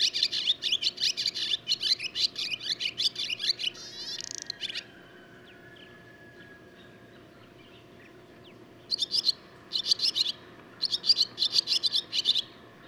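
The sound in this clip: Barn swallow song, a long twittering passage ending in a buzzy rattle, several seconds of quiet, then short chattering bursts return.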